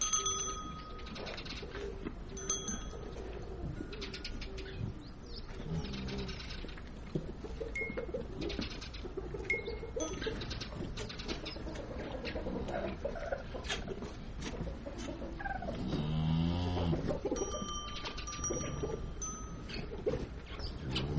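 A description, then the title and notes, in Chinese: Birds chirp and chatter without pause in a Tibetan family's courtyard where birds and cows compete for food. Short, bright whistled notes repeat every few seconds over steady rustling and scuffling. Near sixteen seconds a low, drawn-out groan briefly rises beneath the chatter. 藏民家的院子里 鸟和奶牛在争食。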